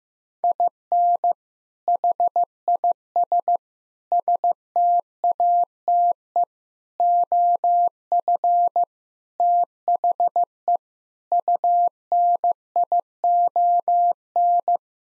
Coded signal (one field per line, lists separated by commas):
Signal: Morse code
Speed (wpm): 15 wpm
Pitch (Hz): 700 Hz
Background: none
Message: IN HIS STATE OF THE UNION